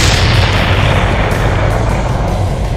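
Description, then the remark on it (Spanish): A loud cannon shot rolls out as a heavy, deep roar that stays strong for the whole stretch, a dense low rumble with hissing noise above it and no voices. “Déjame no hablar de cañonazo, que hay uno tirando cañonazo por ahí.”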